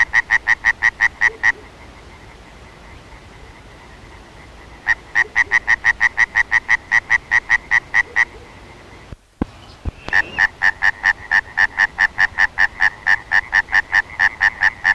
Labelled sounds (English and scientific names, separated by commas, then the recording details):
Common Tree Frog (Hyla arborea) call
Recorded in the wild
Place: Schweinsberg, DE
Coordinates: 50.765, 8.9675
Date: 1964-04-29
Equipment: Uher Report 4000, AKG D190
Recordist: Krey, Winfried